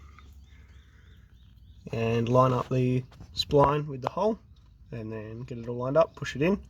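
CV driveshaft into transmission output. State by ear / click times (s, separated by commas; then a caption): not seated / none. A steel CV driveshaft is moved back into place and its splined end is lined up with the hole in the transmission output while someone talks. A faint sound occurs near 0.2 s, followed by speech. The shaft has not seated or clicked yet.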